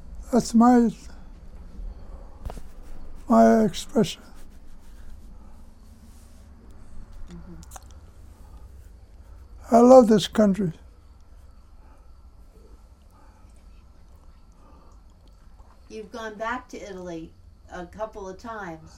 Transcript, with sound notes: That's my expression. ( pause ) I love this country.
You've gone back to Italy a couple of times.